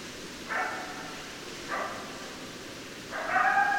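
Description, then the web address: Coyote calls: three brief howled notes spaced about a second apart, the last one longer and stronger, over soft background hiss. Several coyotes, recorded 10 December 2012. "Coyote 2012 12 10 Coyotes 03"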